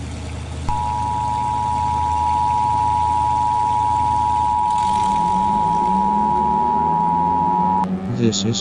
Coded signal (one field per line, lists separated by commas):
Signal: Emergency Alert System (SAME) tones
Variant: 853 and 960 Hz attention tone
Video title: EAS SCENARIO BACKWARDS TIME